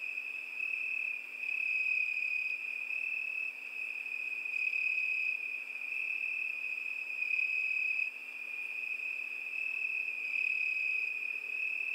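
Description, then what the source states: Cricket: continuous shrill trilling of crickets, an even pulsing chorus with slight swells in loudness. Crickets at night.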